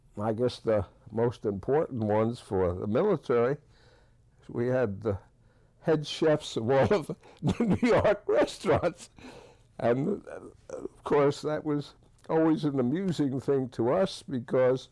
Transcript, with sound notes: I guess the most important ones for the military, we had the head chefs of all the New York (laughs) And of course that was always an amusing thing to us because